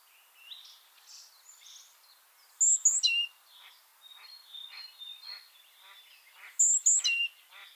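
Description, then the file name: Great tit call, two high notes sliding to a lower one, given twice, amid scattered chirps. "Parus major"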